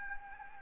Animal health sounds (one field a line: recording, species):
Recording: mosquito wingbeat signal from an infrared sensor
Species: Anopheles gambiae